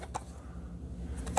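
Two plastic tabs on the roller cover of a Roomba Electro wet-dry mop head are pinched, giving a soft click at 1.3 s and a sharper, louder click at 1.4 s over a quiet low hum. The cover unclips and comes off the mop roller.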